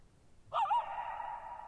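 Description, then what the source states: Coyote giving one howl that wavers briefly at the start, then settles into a long, level wail. Lone coyote at night, July 14, 2019, near Thirtymile Meadows, Okanogan National Forest (Okanogan High Country, Pacific Northwest), 6400 ft (1950 m); high dry plateau, shallow bowl-shaped meadow; vocalized nearly 50 minutes.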